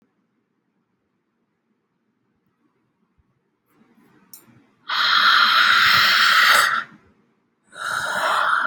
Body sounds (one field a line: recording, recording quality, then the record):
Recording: deep breathing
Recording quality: excellent, no background noise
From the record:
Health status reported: healthy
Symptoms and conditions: chronic lung disease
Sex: male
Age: 26 years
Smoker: not ticked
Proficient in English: yes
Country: India